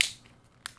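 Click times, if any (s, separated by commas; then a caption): 0.0 s, 0.7 s. A plastic shell of an OtterBox Defender case for a Samsung Galaxy S9 Plus is pressed onto its inner frame so the remaining snaps engage. All the snaps must be engaged, otherwise the silicone won't seat right. Sharp snaps are heard at 0.0 and 0.7 seconds, and the shell is seated.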